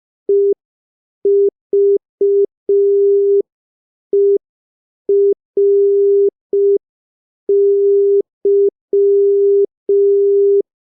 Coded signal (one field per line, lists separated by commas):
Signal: Morse code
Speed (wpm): 5 wpm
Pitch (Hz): 400 Hz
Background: none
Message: EVERY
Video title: Morse Code Practice #6 (5wpm)